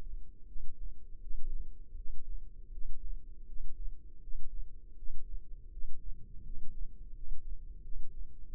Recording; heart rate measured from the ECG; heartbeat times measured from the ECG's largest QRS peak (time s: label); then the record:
heart sounds by microphone in the left ear; 82 bpm
0.44 s: heartbeat
1.18 s: heartbeat
1.93 s: heartbeat
2.69 s: heartbeat
3.44 s: heartbeat
4.18 s: heartbeat
4.93 s: heartbeat
5.68 s: heartbeat
6.41 s: heartbeat
7.11 s: heartbeat
7.80 s: heartbeat
8.50 s: heartbeat
From the record:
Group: healthy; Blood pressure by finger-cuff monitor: 107/65 mmHg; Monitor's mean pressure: 78 mmHg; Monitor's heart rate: 80 bpm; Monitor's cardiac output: 7.7 L/min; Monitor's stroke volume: 94 mL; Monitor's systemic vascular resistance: 750 dyn s/cm5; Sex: male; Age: 33 years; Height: 179 cm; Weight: 80.4 kg